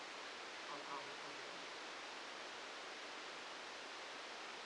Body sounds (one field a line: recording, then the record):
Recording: brain microelectrode recording played as sound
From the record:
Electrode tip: outside the subthalamic nucleus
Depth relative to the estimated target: 2 mm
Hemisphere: left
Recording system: NeuroSet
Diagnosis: Parkinson's disease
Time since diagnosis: 7 years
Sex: male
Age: 44 years